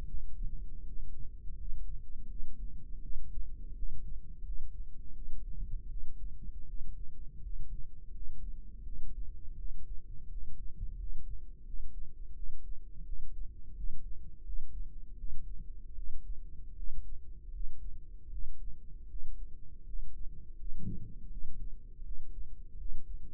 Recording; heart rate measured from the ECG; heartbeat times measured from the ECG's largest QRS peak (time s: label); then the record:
heart sounds by microphone in the right ear; 82 bpm
0.04 s: heartbeat
0.83 s: heartbeat
1.56 s: heartbeat
2.27 s: heartbeat
3.01 s: heartbeat
3.73 s: heartbeat
4.42 s: heartbeat
5.12 s: heartbeat
5.87 s: heartbeat
6.65 s: heartbeat
7.41 s: heartbeat
8.11 s: heartbeat
8.83 s: heartbeat
9.56 s: heartbeat
10.28 s: heartbeat
10.97 s: heartbeat
11.64 s: heartbeat
12.34 s: heartbeat
13.03 s: heartbeat
13.74 s: heartbeat
14.43 s: heartbeat
15.16 s: heartbeat
15.94 s: heartbeat
16.74 s: heartbeat
17.51 s: heartbeat
18.29 s: heartbeat
19.07 s: heartbeat
19.84 s: heartbeat
20.55 s: heartbeat
21.29 s: heartbeat
22.02 s: heartbeat
22.76 s: heartbeat
From the record:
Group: healthy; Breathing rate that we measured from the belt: 19 breaths a minute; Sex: female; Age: 22 years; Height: 163 cm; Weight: 67.1 kg